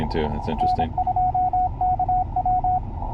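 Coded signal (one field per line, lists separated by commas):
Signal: Morse code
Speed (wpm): 26 wpm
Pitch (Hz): 740 Hz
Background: speech, radio noise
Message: N2KW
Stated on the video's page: Mobile station comparing Yaesu ATAS 120 and Tarheel antennas while driving.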